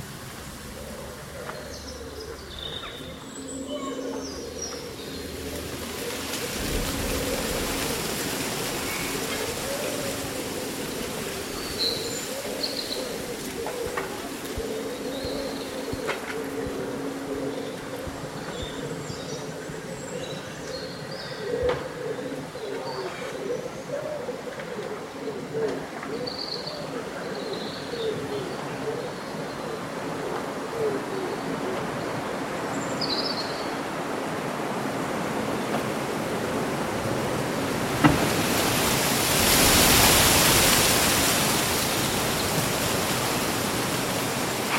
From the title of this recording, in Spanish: Día ventoso de verano, susurro de hojas y canto de pájaros